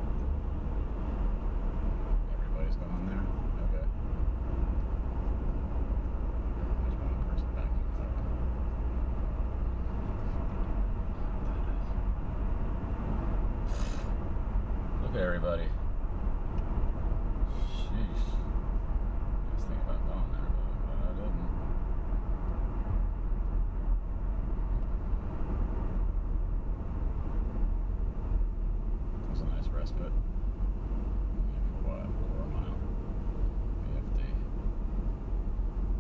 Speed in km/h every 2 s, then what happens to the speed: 55, 56, 58, 61, 64, 68, 69, 71, 71, 72, 72, 69, 61, 50, 39, 35, 35, 35.
0-10 speeds up to 68. 10-20 steady at about 71. 20-36 slows to 35.